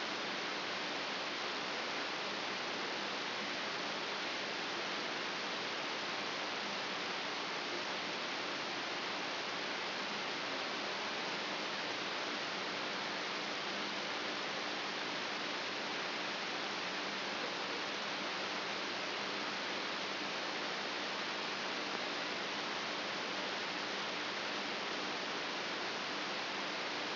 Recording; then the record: brain microelectrode recording played as sound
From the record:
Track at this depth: outside the subthalamic nucleus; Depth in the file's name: 5.22 mm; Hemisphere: left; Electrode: 3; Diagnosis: Parkinson's disease